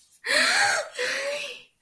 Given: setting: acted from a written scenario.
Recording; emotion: vocal sound without words; positive surprise